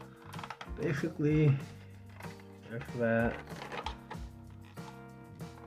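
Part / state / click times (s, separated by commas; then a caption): plastic window piece clipping into an RC truck cab / not seated / none. A clear plastic window piece is handled as its ends are slid into gaps in an FCX24 K5 Blazer forest service RC truck cab and pressed in, with a few small, light plastic ticks under music while someone talks briefly. Nothing has seated or clicked yet; the clip ends just before the window goes home.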